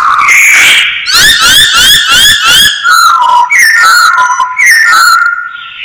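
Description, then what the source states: Masked laughingthrush singing a fast series of harsh, buzzy notes that drop into lower whistled, chattering phrases. Singing actively (gacor).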